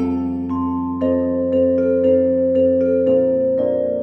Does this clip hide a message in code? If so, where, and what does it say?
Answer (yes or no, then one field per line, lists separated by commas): no